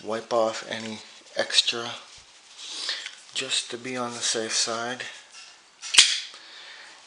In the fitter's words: and it snaps. As you can hear is the famous zippo click.